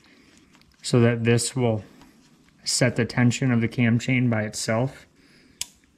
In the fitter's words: so i heard it click as i threaded this in now i'm going to snug this up and then it should be set all